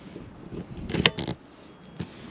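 A homemade drain-down hose fitting is pushed into the caravan's external water inlet socket. Over low background noise, a sharp click at 1.1 s marks the fitting seating in the socket, followed by a couple of softer knocks and a faint tap near 2.0 s. No one talks.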